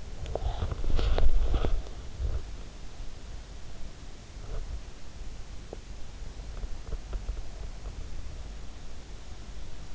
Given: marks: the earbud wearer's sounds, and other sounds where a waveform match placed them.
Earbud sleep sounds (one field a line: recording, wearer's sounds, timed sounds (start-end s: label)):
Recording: sounds in sleep by an in-ear microphone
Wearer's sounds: body movement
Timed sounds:
0.00-6.53 s: body movement